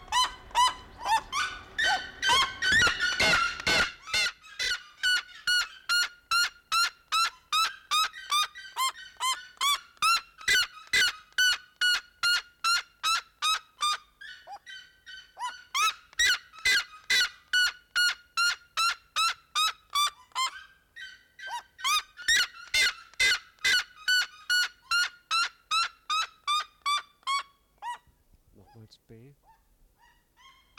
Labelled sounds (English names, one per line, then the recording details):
Red-legged Seriema call
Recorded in captivity
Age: adult
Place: Zoo Berlin, Berlin, DE
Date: 1992-12-05 11:19
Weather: schwach sonnig, ca. 4°C
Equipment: Marantz CP 430, Sennheiser ME 80, Kopie Tesla B 116
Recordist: Tembrock, Günter